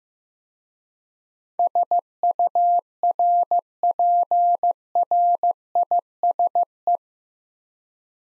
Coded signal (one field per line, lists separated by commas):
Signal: Morse code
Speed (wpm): 15 wpm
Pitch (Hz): 700 Hz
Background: none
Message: SURPRISE